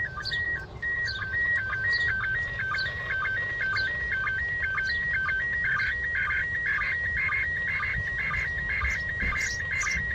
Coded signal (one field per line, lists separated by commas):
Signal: SSTV (slow-scan television)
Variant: PD 120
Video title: International Space Station SSTV receive on Icom IC R30 portable example and comments